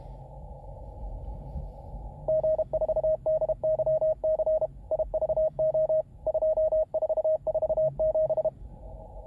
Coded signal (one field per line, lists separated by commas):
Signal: Morse code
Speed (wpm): 32 wpm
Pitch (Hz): 630 Hz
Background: radio noise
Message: G4DYC IVO 2447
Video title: CW-OPS CWT MINI TEST